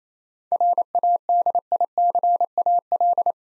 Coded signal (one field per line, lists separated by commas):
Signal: Morse code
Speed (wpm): 28 wpm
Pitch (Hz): 700 Hz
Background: none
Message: RADICAL